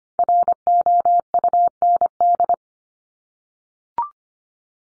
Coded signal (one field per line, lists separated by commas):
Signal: Morse code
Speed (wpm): 25 wpm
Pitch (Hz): 700 Hz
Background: none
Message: ROUND